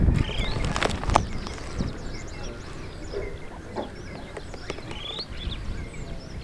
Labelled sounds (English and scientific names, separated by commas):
Superb Starling (Lamprotornis superbus) flight call